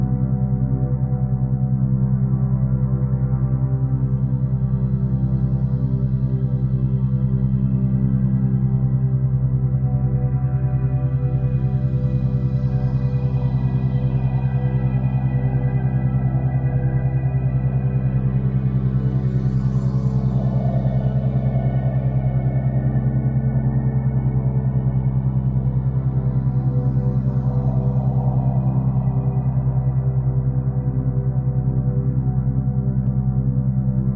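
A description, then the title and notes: A steady, deep 55 Hz drone hums throughout, layered with gong-like shimmering overtones that swell and fade around 12, 20 and 28 seconds. EXTREMELY POWERFUL 55 Hz FREQUENCY and Cosmic Mantra.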